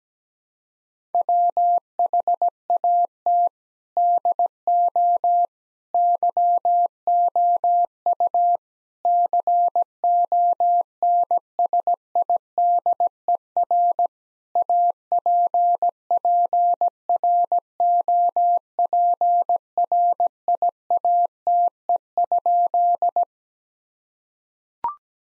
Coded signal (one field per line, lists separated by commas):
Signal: Morse code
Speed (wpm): 17 wpm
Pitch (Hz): 700 Hz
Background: none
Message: WHAT DO YOU CONSIDER APPROPRIATE?